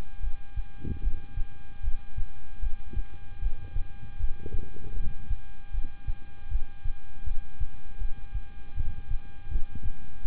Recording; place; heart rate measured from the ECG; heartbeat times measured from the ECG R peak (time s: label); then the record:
heart sounds by stethoscope; between the tricuspid and mitral areas; 78 bpm
0.21 s: heartbeat
1.01 s: heartbeat
1.81 s: heartbeat
2.60 s: heartbeat
3.40 s: heartbeat
4.17 s: heartbeat
4.94 s: heartbeat
5.71 s: heartbeat
6.49 s: heartbeat
7.24 s: heartbeat
7.98 s: heartbeat
8.75 s: heartbeat
9.49 s: heartbeat
10.23 s: heartbeat
From the record:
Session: rest, lying down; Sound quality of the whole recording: good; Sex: male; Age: 26 years